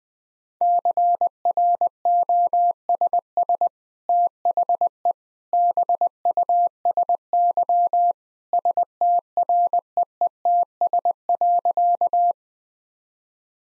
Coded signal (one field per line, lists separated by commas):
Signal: Morse code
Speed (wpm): 21 wpm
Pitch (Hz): 700 Hz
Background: none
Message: CROSS THE BUSY STREETS.